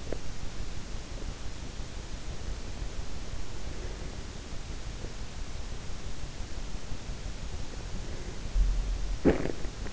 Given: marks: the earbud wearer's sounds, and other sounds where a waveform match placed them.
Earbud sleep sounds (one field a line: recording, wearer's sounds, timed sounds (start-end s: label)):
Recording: sounds in sleep by an in-ear microphone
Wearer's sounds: teeth grinding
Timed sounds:
0.00-0.36 s: teeth grinding
9.07-9.62 s: teeth grinding